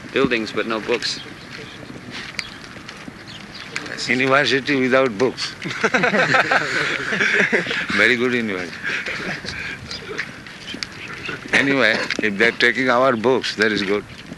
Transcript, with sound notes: Buildings, but no books.
University without books. [laughter] Very good university. Anyway, if they are taking our books, that is good.